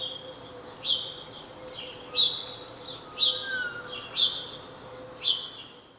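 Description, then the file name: House sparrow calls: a run of five loud, falling chirps about a second apart, over faint steady hum. "Passer domesticus"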